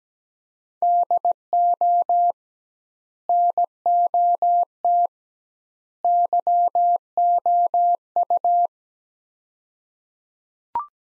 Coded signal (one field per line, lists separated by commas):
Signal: Morse code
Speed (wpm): 17 wpm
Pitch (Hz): 700 Hz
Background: none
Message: DO NOT YOU